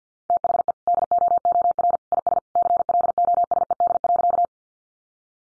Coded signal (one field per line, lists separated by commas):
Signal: Morse code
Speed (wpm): 50 wpm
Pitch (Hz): 700 Hz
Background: none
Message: THE DOOR IS CLOSED.